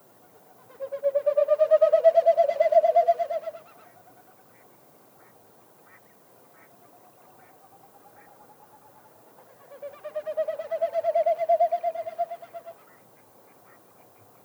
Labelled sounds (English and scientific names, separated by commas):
Wilson's Snipe (Gallinago delicata)